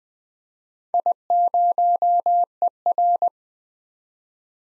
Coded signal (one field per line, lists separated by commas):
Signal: Morse code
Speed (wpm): 20 wpm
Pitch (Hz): 700 Hz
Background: none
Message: I0ER